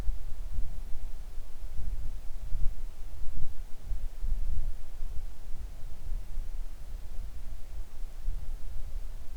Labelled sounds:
wind
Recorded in the Arctic National Wildlife Refuge, Alaska, on 3 August 2019 at 10:25
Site 41

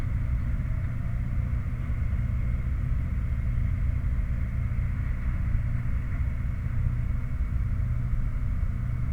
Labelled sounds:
machinery, flare stack
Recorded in the Prudhoe Bay oil fields, Alaska, on 16 August 2019 at 00:55
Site 29

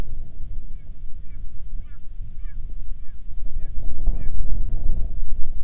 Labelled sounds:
bird, wind
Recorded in the Arctic National Wildlife Refuge, Alaska, on 9 July 2019 at 21:55
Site 48

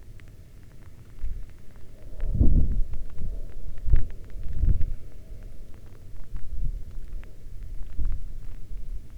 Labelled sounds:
wind, rain
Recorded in the Arctic National Wildlife Refuge, Alaska, on 11 August 2019 at 22:34
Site 40

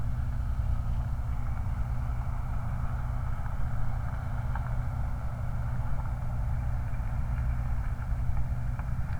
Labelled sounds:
truck
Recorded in the Prudhoe Bay oil fields, Alaska, on 29 July 2019
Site 29

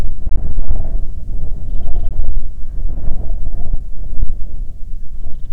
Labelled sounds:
wind
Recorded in the Arctic National Wildlife Refuge, Alaska, on 9 July 2019 at 22:32
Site 48

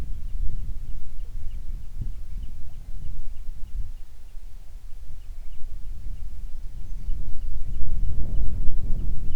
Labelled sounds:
bird, wind
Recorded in the Prudhoe Bay oil fields, Alaska, on 9 June 2019 at 16:27
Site 21

